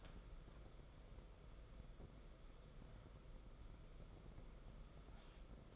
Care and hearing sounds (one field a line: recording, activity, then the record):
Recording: daily activity, microphone in the room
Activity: wipe stove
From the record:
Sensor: 5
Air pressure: 994.5 hPa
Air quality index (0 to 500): 181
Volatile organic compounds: 1000 ppm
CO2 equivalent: 5295 ppm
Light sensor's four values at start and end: 37/113/44/48 and 39/114/46/50